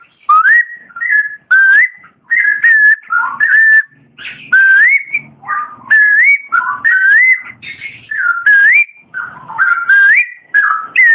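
Long-tailed shrike song: a varied run of clear whistled notes, many rising slurs and short warbles, in quick phrases separated by brief pauses.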